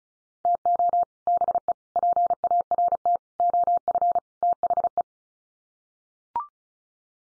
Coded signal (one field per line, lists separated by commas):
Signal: Morse code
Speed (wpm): 34 wpm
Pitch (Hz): 700 Hz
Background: none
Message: TO BE PART OF THE